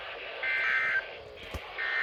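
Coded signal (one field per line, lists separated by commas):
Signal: Emergency Alert System (SAME) tones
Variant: end-of-message bursts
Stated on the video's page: Severe weather alerts captured across multiple Pennsylvania stations, part of 38 alerts.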